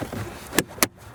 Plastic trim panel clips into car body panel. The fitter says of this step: Simply snaps back in place.